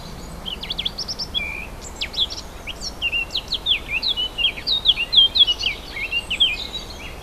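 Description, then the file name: Warbler song, a rapid jumble of high scratchy and whistled notes delivered in a continuous chattering stream over a steady hiss. Several warblers, recorded 4 May 2011 on a portable MiniDisc recorder. "fauvettes 4 05 11"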